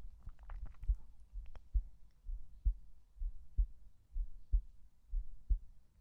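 Steady, deep thumps of a woman's heartbeat, heard close up, repeat at about 64 beats a minute in an even rhythm. A few brief clicks and rustles of handling noise are heard at the start.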